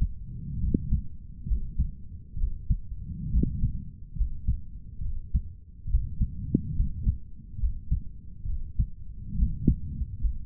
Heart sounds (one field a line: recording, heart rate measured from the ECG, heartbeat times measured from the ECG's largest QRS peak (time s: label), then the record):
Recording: heart sounds by stethoscope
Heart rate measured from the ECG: 69 bpm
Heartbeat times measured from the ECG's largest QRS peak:
0.61 s: heartbeat
1.48 s: heartbeat
2.38 s: heartbeat
3.32 s: heartbeat
4.17 s: heartbeat
5.03 s: heartbeat
5.89 s: heartbeat
6.76 s: heartbeat
7.60 s: heartbeat
8.47 s: heartbeat
9.37 s: heartbeat
10.21 s: heartbeat
From the record:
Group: healthy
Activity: rest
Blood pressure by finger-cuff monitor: 143/88 mmHg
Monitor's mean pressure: 102 mmHg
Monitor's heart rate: 69 bpm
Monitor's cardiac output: 7.5 L/min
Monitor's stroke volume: 113 mL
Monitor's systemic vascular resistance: 1000 dyn s/cm5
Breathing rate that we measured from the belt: 20 breaths a minute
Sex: male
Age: 30 years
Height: 188 cm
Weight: 110.2 kg